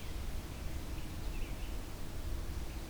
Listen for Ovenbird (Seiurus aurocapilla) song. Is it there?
no